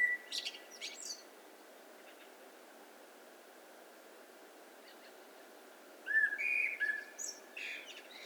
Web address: SETE data Turdus merula